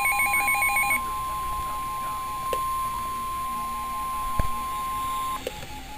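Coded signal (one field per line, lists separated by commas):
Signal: Emergency Alert System (SAME) tones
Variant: 1050 Hz attention tone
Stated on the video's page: Real alert tones from NOAA weather radio.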